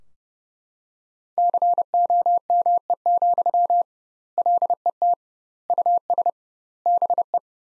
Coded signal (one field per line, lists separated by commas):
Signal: Morse code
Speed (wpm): 28 wpm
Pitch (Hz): 700 Hz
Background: none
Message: COME, LET US BE